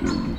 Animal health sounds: contact call of a hoofed animal; wild boar; grunt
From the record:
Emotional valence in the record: negative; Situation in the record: naturally occurring agonistic interactions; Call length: 0.39 s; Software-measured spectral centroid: 1720 Hz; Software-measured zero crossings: 1170 a second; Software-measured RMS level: -24 dBFS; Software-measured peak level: -10 dBFS

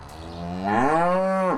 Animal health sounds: contact call of a hoofed animal; cattle; low-frequency (closed-mouth) or high-frequency (open-mouth) call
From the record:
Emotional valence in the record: negative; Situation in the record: physical separation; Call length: 1.58 s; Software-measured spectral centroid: 1340 Hz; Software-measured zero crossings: 1640 a second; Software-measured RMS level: -23 dBFS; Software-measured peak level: -8 dBFS

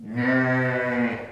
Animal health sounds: contact call of a hoofed animal; sheep; low-frequency (closed-mouth) or high-frequency (open-mouth) call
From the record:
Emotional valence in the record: negative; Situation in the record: short social isolation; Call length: 1.32 s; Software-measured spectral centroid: 1410 Hz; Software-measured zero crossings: 1700 a second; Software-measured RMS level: -24 dBFS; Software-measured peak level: -9 dBFS

